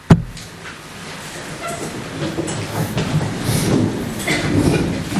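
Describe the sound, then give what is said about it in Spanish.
A sharp knock opens a steady wash of shuffling, scraping and rustling as an audience rises from their chairs, the clatter of movement swelling slightly over five seconds. “Nos vamos a poner de pie.”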